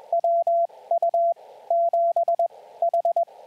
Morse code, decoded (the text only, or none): WU7H